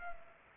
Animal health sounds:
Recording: mosquito wingbeat signal from an infrared sensor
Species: Culex pipiens

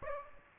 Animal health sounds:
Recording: mosquito wingbeat signal from an infrared sensor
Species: Aedes aegypti

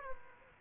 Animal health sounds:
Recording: mosquito wingbeat signal from an infrared sensor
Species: Aedes aegypti

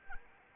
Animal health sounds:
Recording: mosquito wingbeat signal from an infrared sensor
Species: Anopheles arabiensis

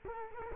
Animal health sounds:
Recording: mosquito wingbeat signal from an infrared sensor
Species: Culex quinquefasciatus

